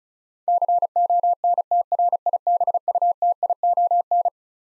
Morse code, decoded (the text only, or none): CONTRIBUTION